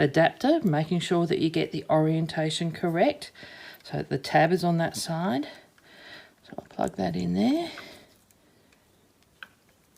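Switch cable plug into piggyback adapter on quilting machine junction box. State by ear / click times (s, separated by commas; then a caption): not seated / none. Someone talks while the plastic plug of the IQ Switch cable, wired from the left handle switches, is lined up tab side correct and pushed toward the piggyback adapter at the junction box of an A1 Platinum quilting machine fitted with new LED lights. A few faint handling ticks follow the speech, but nothing has seated or clicked yet.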